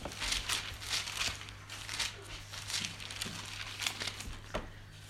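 Pages of a book being flipped forward toward 15-16, a series of brief crisp paper rustles and crinkles in an uneven rhythm over a low, steady hum.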